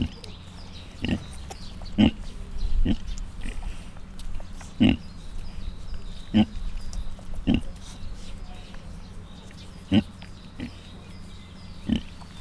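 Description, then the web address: Mangalica piglets grunting busily: frequent short, throaty grunts over a low steady hum. Five cat-sized suckling Mangalica piglets, kept in a zoo in Miskolc, recorded in 2018. "mangalica otmacskanagysaguszoposmalac"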